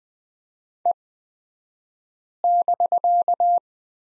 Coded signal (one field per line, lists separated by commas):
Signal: Morse code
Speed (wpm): 20 wpm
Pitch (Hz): 700 Hz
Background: none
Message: E<BK>